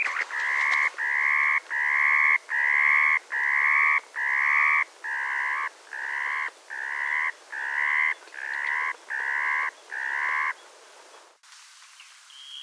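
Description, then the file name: Dunlin calls: a steady series of thirteen nasal, harmonic notes, each about half a second long, evenly spaced, ending with a brief click and a faint higher note. Subspecies arctica; Longyearbyen, Svalbard. "MYRSNIPE CALIDRIS ALPINA arctica"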